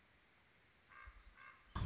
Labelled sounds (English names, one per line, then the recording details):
Common Raven
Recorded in Sonoma County, California